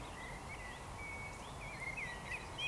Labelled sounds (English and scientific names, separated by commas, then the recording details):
Eurasian Woodcock (Scolopax rusticola) whistle
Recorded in Baden-Württemberg, Germany, on 14 June 2020 at 19:28 UTC
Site 43791, 788 m above sea level